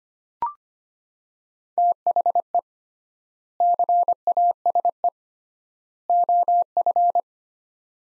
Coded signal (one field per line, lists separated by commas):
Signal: Morse code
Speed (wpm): 25 wpm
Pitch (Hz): 700 Hz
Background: none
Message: THE CASE OF